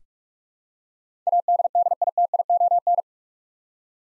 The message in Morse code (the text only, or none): ADDITION